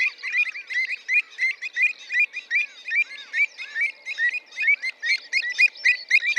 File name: Avocette-élégante-Recurvirostra-avosetta